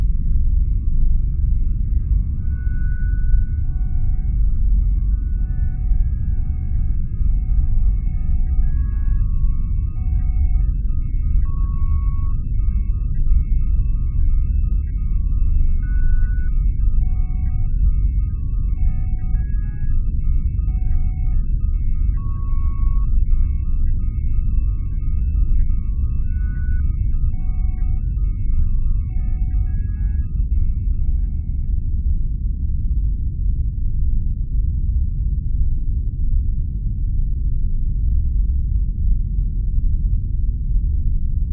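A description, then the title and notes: A spaceship ambience of steady deep rumbling, with soft beeping electronic tones chirping in a repeating pattern until about thirty seconds, then rumble alone. Immersive Spaceships ambience sounds. Sound-designed and edited by Vlad O.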